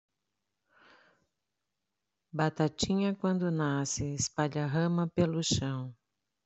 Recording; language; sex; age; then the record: short text; Brazilian Portuguese; female; 50 to 59 years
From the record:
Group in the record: control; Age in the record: 54 years